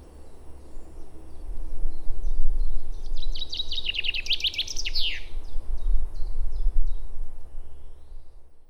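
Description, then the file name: Common chaffinch song, a single rattling series of notes speeding up and dropping into an emphatic end flourish, with light bird notes and a low continuous hum. "Fringilla coelebs"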